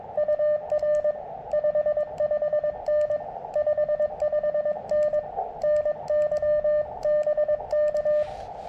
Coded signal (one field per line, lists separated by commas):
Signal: Morse code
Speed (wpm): 22 wpm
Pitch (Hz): 1200 Hz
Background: radio noise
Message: UR 55N 55N NY BK